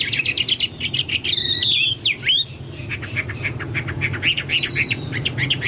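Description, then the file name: Chinese hwamei song, a rich run of loud whistled and slurred notes mixed with rapid chattering phrases, with a steady low hum underneath. "hwamei-2-omkicau"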